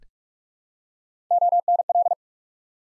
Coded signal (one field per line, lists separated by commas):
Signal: Morse code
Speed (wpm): 44 wpm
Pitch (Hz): 700 Hz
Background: none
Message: ONL